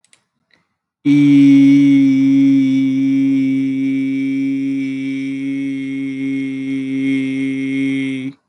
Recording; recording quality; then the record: sustained vowel as in beet; excellent, no background noise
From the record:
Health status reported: healthy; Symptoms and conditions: asthma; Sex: male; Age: 22 years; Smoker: not ticked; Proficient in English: yes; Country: India